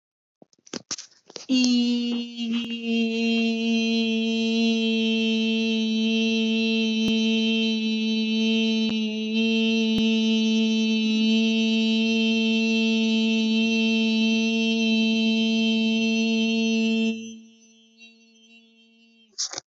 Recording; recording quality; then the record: sustained vowel as in beet; excellent, no background noise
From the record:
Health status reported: exposed to COVID-19, no respiratory illness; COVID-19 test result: negative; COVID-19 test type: RT-PCR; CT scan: not taken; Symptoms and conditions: cough, cold, fatigue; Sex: female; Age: 23 years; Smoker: no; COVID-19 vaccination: both doses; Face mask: not worn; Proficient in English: yes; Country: India